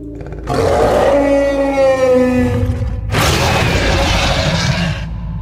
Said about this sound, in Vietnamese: Đây là lần đầu tiên hắn nghe thấy tiếng kêu của con giao long. Hơi giống tiếng trâu giống, nhưng trầm thấp hơn tiếng trâu, sức xuyên thấu cũng mạnh hơn nhiều.